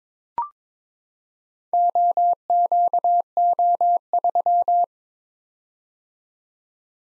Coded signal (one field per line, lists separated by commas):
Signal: Morse code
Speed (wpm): 22 wpm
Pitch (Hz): 700 Hz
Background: none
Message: OQO3